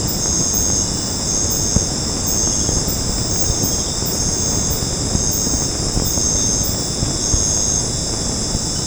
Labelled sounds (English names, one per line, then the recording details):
none
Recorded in secondary vegetation near Puerto Asís, Putumayo, Colombia, on 19 March 2025 at 19:00
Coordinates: 0.481, -76.318
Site G097